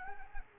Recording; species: mosquito wingbeat signal from an infrared sensor; Culex quinquefasciatus